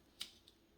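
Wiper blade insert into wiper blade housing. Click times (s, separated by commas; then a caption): 0.2 s. A new rubber wiper blade insert for a 2013–2017 Honda Accord is pushed down at the last (fourth) slot of its plastic/metal wiper housing. A sharp bright click at 0.2 s marks the insert locking into the housing, and a fainter tick follows near 0.5 s. The insert is seated.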